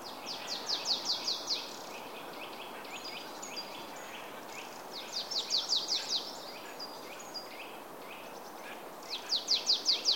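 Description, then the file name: Marsh tit giving rapid rattling series of high notes, three bursts spaced a few seconds apart, with softer thin chirps between them. "Poecile palustris"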